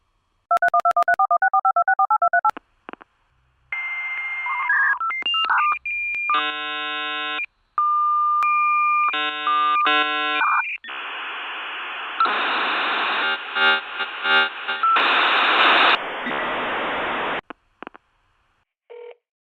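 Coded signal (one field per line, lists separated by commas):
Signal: dial-up modem handshake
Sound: rapid dialing tones, then modem tones, warbles and harsh wideband hiss bursts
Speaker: We find ourselves at a terminal. A number is dialed and we hear the sound of a modem handshake. The phone rings and then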